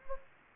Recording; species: mosquito wingbeat signal from an infrared sensor; Anopheles gambiae